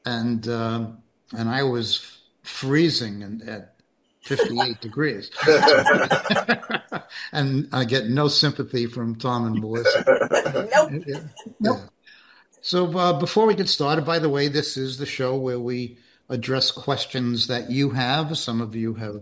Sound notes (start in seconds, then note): 4.2 laughs; 9.5 laughs